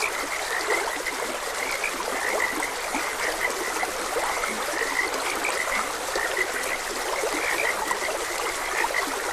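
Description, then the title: Frogs calling with short, high croaks at irregular intervals, partly masked by a continuous rush of stream water. Several frogs croaking beside a gentle stream. "Gentle Stream and Frogs Croaking"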